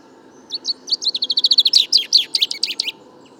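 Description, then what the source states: Common chaffinch song: a rapid series of bright descending notes speeding into a rattling trill and ending in a flourish, about two and a half seconds long. First song of the year, 16 February 2019, in a Paris wood during fine weather; somewhat muddled, weaker babbling courtship song aimed at nearby females; Nagra recorder, parabolic microphone, mono.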